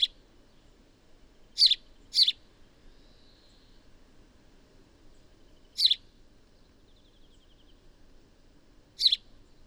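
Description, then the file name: House sparrow chirps: five short, bright, sharp chirps spaced irregularly, two close together early, with a faint thin whistle in between and quiet low background hum. "Passer domesticus"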